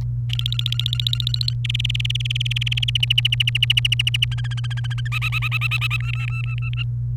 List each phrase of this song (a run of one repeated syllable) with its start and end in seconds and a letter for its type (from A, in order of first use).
0.29-1.54 A, 1.65-2.97 B, 3.03-4.25 C, 4.32-5.08 D, 5.12-5.97 E, 6.00-6.83 F